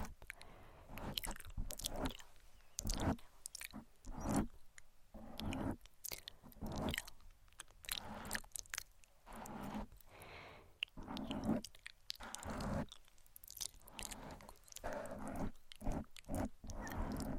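Crunchy mic scratching fills the clip, with dense bursts of scraping and rustling that come several times a second and never settle. Some strokes hit harder and deeper, others are quick and crisp, over a faint low hum.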